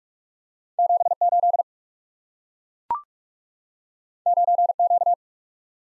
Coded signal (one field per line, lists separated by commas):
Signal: Morse code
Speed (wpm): 44 wpm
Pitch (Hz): 700 Hz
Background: none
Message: 7 8 9 Q